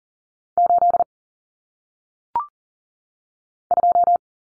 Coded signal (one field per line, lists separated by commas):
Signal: Morse code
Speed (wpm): 40 wpm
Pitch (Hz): 700 Hz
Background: none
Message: 8 2